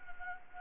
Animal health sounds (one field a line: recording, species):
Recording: mosquito wingbeat signal from an infrared sensor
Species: Anopheles gambiae